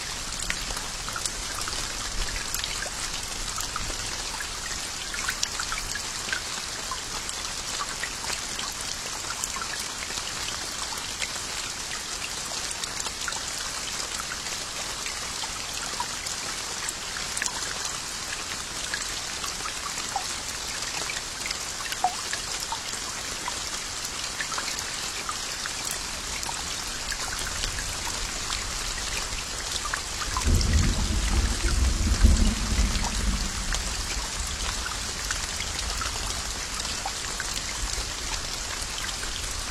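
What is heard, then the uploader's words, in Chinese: A thunderstorm: steady, dense rain hisses through the whole clip, with scattered drops ticking on top and little change in level. Around the 30-second mark a low roll of thunder rises beneath the rain, swells for a few seconds, then fades back by about 35 seconds. 3D版超逼真助眠雷雨。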